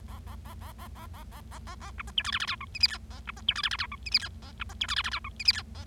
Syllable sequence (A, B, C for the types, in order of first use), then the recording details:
A A A A A A A A A A A B C D E F F G H I J K A B C D E F F G H I J K A B C D E F F G H I J K A. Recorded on 25 March 2012 at 18:51. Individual gy6or6